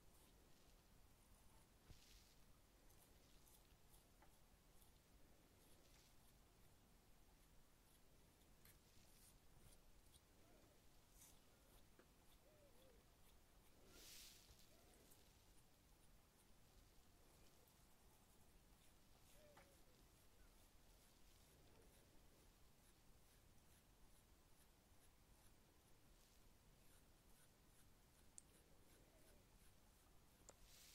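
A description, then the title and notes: Soft brushing strokes sweep across a face and a microphone, a steady scratchy rustle that fills the whole half-minute at an even level. Brighter swishes flare up now and then, most sharply around fourteen seconds, over a constant low murmur. ASMR Face and Microphone Brushing for Relaxation.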